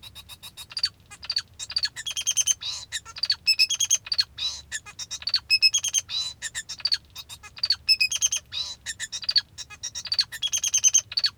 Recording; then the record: song of a male Bengalese finch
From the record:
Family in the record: father 2